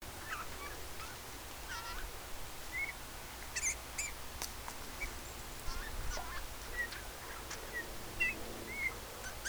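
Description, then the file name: Eurasian bullfinch giving short, soft piping whistles, scattered singly throughout, over a steady low rumble with faint ticks. "Pyrrhula pyrrhula"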